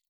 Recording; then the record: hydrophone in a shrimp aquaculture tank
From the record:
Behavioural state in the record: weakened